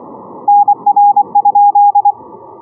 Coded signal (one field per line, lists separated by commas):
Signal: Morse code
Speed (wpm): 23 wpm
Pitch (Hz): 820 Hz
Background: none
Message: NR?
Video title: Morse code contest simulator, Morse Runner,HL1LUA 20131122